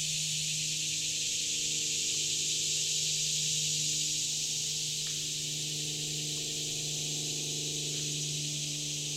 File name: Summer Insects July 2017 Shawnee National Forest